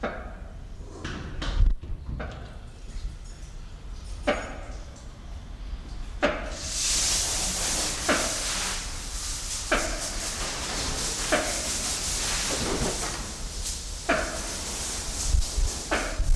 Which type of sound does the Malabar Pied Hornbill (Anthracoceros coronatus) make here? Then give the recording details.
call. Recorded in captivity. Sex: pair. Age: adult. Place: Zoo Berlin, Berlin, DE. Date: 1993-01-16. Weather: heiter, 10-13°C. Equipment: Marantz CP 430, Sennheiser ME 80, Kopie Uher Variocord 263. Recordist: Tembrock, Günter. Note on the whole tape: Lautfolgen von Männchen, dann auch Weibchen